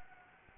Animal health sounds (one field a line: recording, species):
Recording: mosquito wingbeat signal from an infrared sensor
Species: Anopheles gambiae